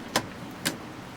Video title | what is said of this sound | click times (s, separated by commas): Camping in the Rain - Elevated Tent - Diesel Heating | just clicks in the top | 0.2 s, 0.7 s